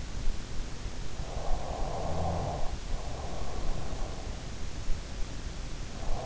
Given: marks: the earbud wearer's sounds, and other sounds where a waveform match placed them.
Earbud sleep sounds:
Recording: sounds in sleep by an in-ear microphone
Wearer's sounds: snoring breath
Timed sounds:
1.20-4.65 s: snoring breath

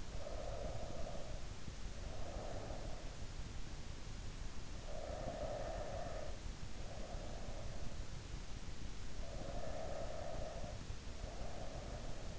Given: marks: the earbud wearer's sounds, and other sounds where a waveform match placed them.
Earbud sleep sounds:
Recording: sounds in sleep by an in-ear microphone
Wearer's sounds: breath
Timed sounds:
0.00-2.91 s: breath
4.85-7.65 s: breath
9.31-12.39 s: breath

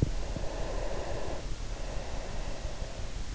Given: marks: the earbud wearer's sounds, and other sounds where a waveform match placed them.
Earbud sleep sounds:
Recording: sounds in sleep by an in-ear microphone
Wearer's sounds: breath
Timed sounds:
0.16-3.08 s: breath

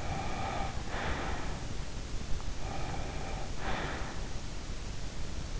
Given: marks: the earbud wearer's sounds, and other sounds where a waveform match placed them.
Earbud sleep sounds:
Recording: sounds in sleep by an in-ear microphone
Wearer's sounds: breath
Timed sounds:
0.00-1.61 s: breath
2.58-4.33 s: breath

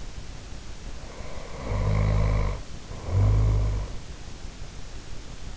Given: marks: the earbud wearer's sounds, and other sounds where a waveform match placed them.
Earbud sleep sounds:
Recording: sounds in sleep by an in-ear microphone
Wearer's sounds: snoring breath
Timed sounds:
1.08-4.07 s: snoring breath

